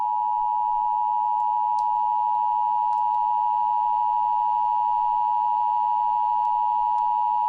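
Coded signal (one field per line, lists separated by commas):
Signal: Emergency Alert System (SAME) tones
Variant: 853 and 960 Hz attention tone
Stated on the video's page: Mock EAS alert, a fictional recreation.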